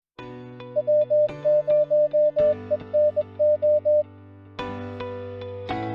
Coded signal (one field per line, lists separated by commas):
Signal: Morse code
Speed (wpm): 21 wpm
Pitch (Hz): 600 Hz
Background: music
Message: W0ENO